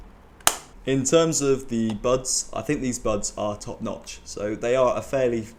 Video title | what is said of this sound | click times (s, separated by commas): Nothing Ear (1) Long Term Review | the case opens and feels really quite durable and it closes with quite a satisfying snap | 0.5 s